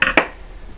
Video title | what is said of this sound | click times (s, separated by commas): BEKO washer reassemble part 2 | and until eventually it snaps it | 0.0 s, 0.2 s